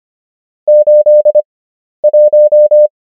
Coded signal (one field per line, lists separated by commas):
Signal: Morse code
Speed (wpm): 25 wpm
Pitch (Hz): 600 Hz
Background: none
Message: 81